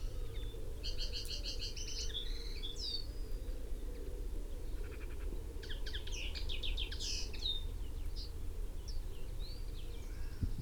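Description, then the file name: Common chaffinch calling, two bursts of rapid high chirping notes ending in quick sweeps, one early and one midway, over a constant low rumble. "Fringilla coelebs"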